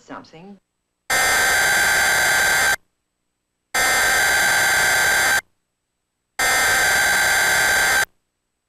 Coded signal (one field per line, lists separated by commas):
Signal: Emergency Alert System (SAME) tones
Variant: header bursts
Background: speech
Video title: Time Warner Emergency Alert System - Required Weekly Test (March 11, 2010)